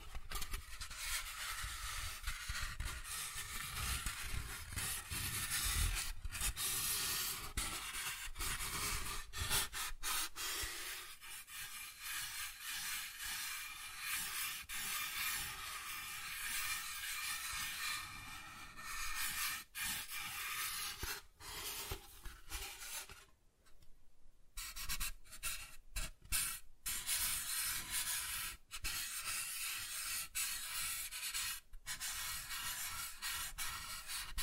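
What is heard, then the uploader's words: Fingertips trace softly across smooth and rough surfaces in a steady, dense hiss of rubbing, bright. The scratchy texture shifts subtly as strokes change, with brief pauses breaking it near 6, 10, 20 and 24 seconds before the rubbing resumes. ASMR Soft Tracing on Smooth and Rough Surfaces (No Talking).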